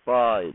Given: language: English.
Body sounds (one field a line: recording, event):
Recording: throat vibration sensor signal played as sound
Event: speech